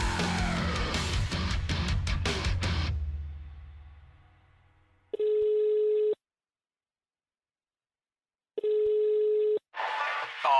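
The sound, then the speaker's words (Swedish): Loud music fades out, then a telephone line tone sounds twice, each a steady, mid-pitched hum lasting about a second, separated by a long silent gap, before a voice starts speaking, as the Pirate Rock 95.4 radio studio phones a colleague. “han har fortfarande inte visat sitt vackra ansikte i studion, så vi spelar en låt och så ringer vi honom och ser var han har tagit vägen.”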